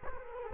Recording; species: mosquito wingbeat signal from an infrared sensor; Culex quinquefasciatus